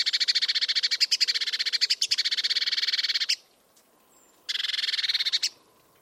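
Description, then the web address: Eurasian blue tit churring call, a harsh, fast pulsed rattle running over three seconds, a pause, then a second brief rattle. "Bird Only"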